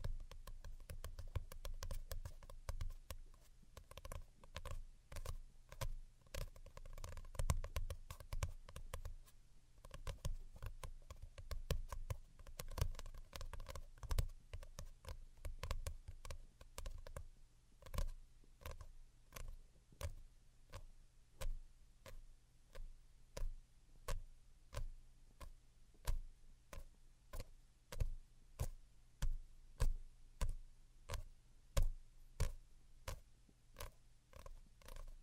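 Delicate tapping, light and sharp, continues throughout. For the first fifteen seconds the taps are dense and irregular over a low steady hum. After that they thin into a slower, more spaced pattern, with a faint tonal murmur at times.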